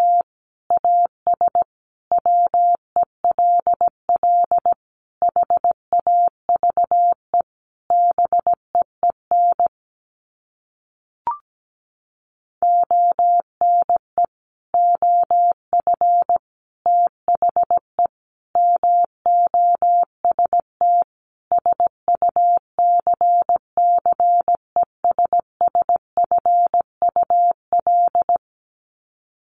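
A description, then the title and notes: Morse code beeps on a single steady mid-pitched tone, short dots and longer dashes in quick, regular groups with brief gaps between letters and words. Around ten seconds there is a longer pause broken by one faint click, then the keying resumes until near the end. First, the words are sent in Morse code. Sets of 5 Words Encore2 17wpm.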